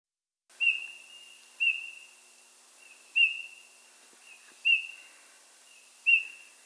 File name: Pyrrhula pyrrhula